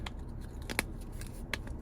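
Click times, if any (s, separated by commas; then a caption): 0.8 s, 1.5 s. A plastic back cover is pressed onto the key fob remote of a 2023 Jeep Grand Cherokee during a battery replacement. Faint handling clicks lead up to two sharp snaps at 0.8 s and 1.5 s as the cover seats back on.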